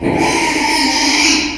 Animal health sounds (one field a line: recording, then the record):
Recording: squeal of a Yucatan mini pig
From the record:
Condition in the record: after surgery on the right vocal fold (resection and tissue-engineered implant)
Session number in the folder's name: 2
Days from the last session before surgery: 13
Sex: male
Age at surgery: 12 weeks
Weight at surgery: 13 kg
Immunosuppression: cyclosporine, prednisolone